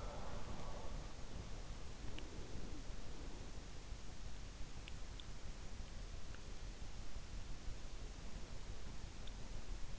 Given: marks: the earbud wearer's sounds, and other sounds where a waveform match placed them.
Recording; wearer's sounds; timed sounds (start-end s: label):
sounds in sleep by an in-ear microphone; breath
0.00-3.48 s: breath